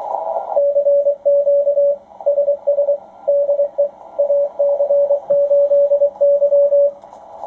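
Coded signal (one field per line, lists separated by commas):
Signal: Morse code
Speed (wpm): 23 wpm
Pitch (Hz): 570 Hz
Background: radio noise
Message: CQ SS DE AC8Y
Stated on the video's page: CW demo on a Ten Tec Paragon 585 HF transceiver through an antenna tuner, putting out 100+ watts.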